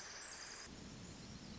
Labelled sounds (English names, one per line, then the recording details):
Pacific Wren
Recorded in Sonoma County, California